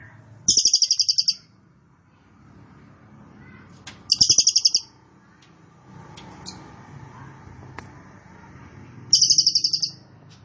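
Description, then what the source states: Cililin producing three quick, high, chattering trills spaced several seconds apart, with low background rumble and faint clicks. Recording made for training caged birds; song style called trorol konslet; bird singing very actively (gacor banget).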